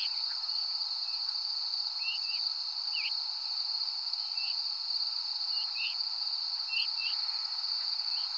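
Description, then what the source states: Veery calls, brief downslurred notes at irregular intervals, set against a constant shrill insect chorus. Recorded at Danby on 13 August 2020 at 05:30; descending call type.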